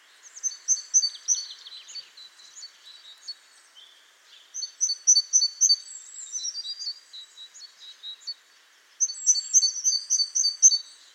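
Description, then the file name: Great tit calling in three bouts of quick, high repeated notes mixed with short buzzy downslurs, brief quiet gaps between bouts, soft steady hiss behind. "Parus major"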